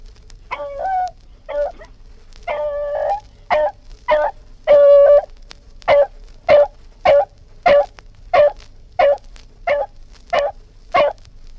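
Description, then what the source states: Dog giving longer, drawn-out barks at first, then a quick series of short barks, with a low hum throughout. Dog barking; historical BBC collection.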